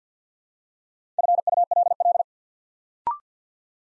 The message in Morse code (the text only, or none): FULL